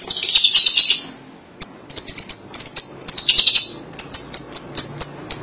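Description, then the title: Lovebird calls: a buzzy chattering burst, then a rapid series of sharp shrill chirps, broken by another raspy twitter. "BM Suara Burung Lovebird"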